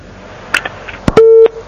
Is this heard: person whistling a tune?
no